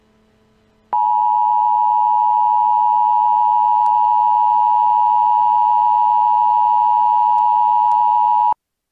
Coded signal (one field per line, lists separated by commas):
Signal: Emergency Alert System (SAME) tones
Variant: 853 and 960 Hz attention tone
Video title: EAS Scenario - Extraterrestrial Invasion